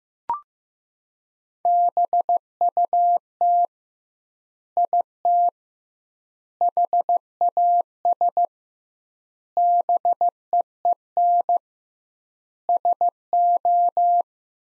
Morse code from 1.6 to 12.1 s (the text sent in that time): BUT IT HAS BEEN